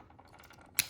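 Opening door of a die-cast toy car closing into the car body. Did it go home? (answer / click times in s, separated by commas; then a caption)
yes / 0.8 s. The opening door of a small 2024 Matchbox Moving Parts Evoke die-cast toy car, with a metal body and plastic hinges, is pushed closed into the car body. A few faint light taps lead up to one sharp, loud snap at 0.8 s as the door seats right into place.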